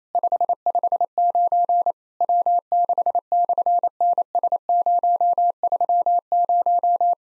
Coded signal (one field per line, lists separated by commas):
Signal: Morse code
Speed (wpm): 27 wpm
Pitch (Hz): 700 Hz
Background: none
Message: 559 W6/NS030